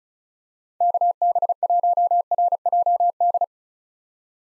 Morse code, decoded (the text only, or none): KB1RJD